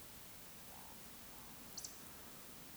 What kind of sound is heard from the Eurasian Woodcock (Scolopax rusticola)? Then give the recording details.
whistle, croak. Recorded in Baden-Württemberg, Germany, on 2 June 2020 at 20:05 UTC. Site 46190, 1214 m above sea level